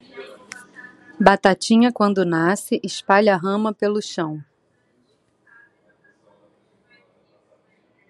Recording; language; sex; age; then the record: short text; Brazilian Portuguese; female; 30 to 39 years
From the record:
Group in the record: control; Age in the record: 39 years